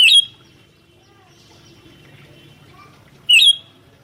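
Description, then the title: Sooty-headed bulbul giving brief, strident notes, one at the start and one about three seconds later, with soft low background sound between them. "kutilang"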